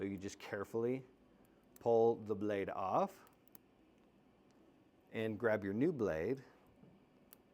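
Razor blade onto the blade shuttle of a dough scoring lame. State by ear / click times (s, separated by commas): seated / 7.3 s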